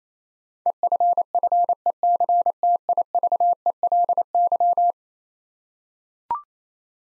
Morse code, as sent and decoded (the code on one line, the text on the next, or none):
. ..-. ..-. . -.-. - .. ...- . .-.. -.--
EFFECTIVELY